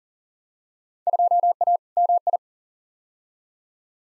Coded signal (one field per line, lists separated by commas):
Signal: Morse code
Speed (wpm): 40 wpm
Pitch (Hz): 700 Hz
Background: none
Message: 2A MI